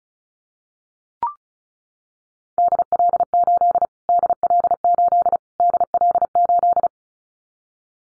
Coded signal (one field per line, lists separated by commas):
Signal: Morse code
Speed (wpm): 34 wpm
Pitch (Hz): 700 Hz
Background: none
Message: DL8 DL8 DL8